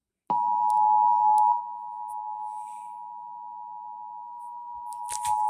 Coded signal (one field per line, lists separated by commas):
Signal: Emergency Alert System (SAME) tones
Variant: 853 and 960 Hz attention tone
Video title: Tornado Warning EAS#146